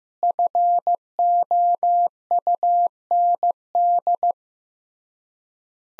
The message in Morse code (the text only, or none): FOUND